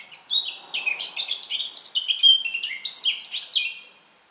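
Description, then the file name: Eurasian blackcap song, a continuous fast warble of varied chirps and liquid whistles lasting about four seconds. "Sylvia atricapilla"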